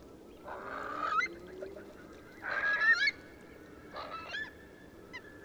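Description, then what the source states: Eurasian curlew calls in three rough, wavering bursts with thin whistled overtones, about a second or more apart, over low background noise. A flock of Eurasian curlews taking off.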